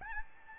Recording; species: mosquito wingbeat signal from an infrared sensor; Aedes albopictus